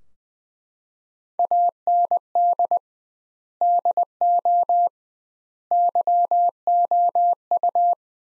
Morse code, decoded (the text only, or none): AND DO YOU